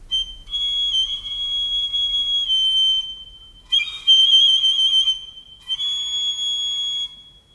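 A shrill pipe or whistle blown in three long sustained blasts, each holding a steady high tone with bright overtones and a slight warble, separated by short pauses.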